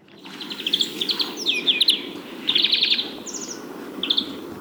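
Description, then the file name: European greenfinch giving twittering chips and short trills in irregular bursts, fairly soft, over steady low background hiss. "Chloris chloris"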